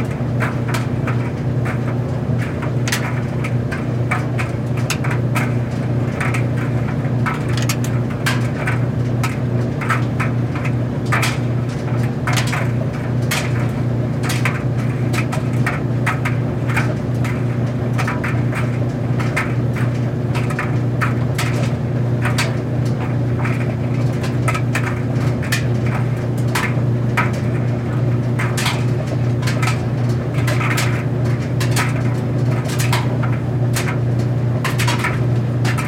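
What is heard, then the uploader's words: A clothes dryer runs steadily, its rotating drum giving a constant low hum with a faint whine above it. Soft, irregular thumps and brushing taps from tumbling clothes come every second or so throughout, at an even level. Clothes Tumbling in the Dryer. The repetitive rhythmic sounds of the dryer drum rotating and the clothes softly hitting the walls of the machine. No dialogue or voice.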